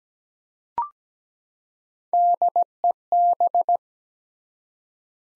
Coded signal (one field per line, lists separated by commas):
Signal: Morse code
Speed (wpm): 17 wpm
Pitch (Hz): 700 Hz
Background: none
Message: DEB